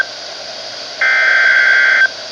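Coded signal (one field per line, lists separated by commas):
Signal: Emergency Alert System (SAME) tones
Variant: header bursts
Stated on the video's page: Severe Thunderstorm Warning received from NOAA weather radio transmitters KHA99 and WXK22.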